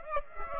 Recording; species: mosquito wingbeat signal from an infrared sensor; Aedes aegypti